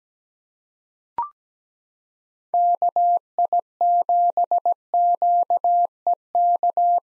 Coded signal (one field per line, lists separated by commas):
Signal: Morse code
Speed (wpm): 17 wpm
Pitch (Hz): 700 Hz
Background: none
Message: KI7QEK